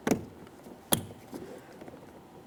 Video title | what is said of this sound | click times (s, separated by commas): How to Replace Mirror Switch 2015-2019 Subaru Outback | After an audible click, just a light tug confirming it's secured in place. | 0.9 s